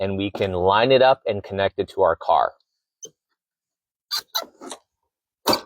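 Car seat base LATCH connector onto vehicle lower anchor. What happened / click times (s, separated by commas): The connector is being lined up but has not latched yet / none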